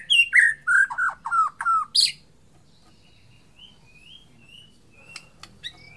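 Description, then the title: White-rumped shama song: a rapid run of loud slurred whistles falling in pitch, then a pause with soft thin high notes and a few sharp clicks. Murai Borneo, the Borneo type of white-rumped shama. "MURAI BORNEO MAS KIKI"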